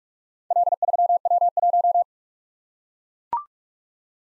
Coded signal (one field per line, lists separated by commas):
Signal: Morse code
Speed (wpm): 44 wpm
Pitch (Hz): 700 Hz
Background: none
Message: L3W1